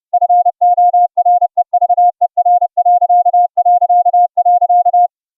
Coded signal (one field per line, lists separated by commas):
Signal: Morse code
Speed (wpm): 30 wpm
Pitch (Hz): 710 Hz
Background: none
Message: FOREVER...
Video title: QSO'n Morse Code CW over the internet - using the FREE streaming app - ULTRAGRID